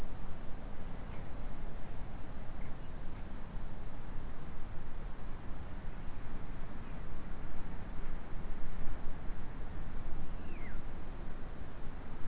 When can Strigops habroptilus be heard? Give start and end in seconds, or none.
none